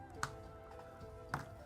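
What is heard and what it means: After an earlier failed try, a plastic Lego part is pushed into the model assembly again and snaps home. Two sharp clicks sound at 0.2 s and 1.3 s over steady background music, and the part is seated.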